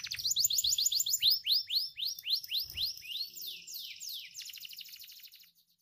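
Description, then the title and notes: Canary song: rapid series of sweeping whistled notes, slowing into wider-spaced swoops, then fading out at the end. Canary song used as a tutor recording for training other birds. "Kicau Masteran Burung Kenari. suara burung kenary buat masteran"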